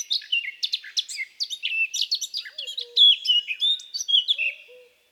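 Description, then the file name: Eurasian blackcap warbling steadily: dense chattering notes running into clearer whistles, with a few soft low notes in the second half. "baratposzata"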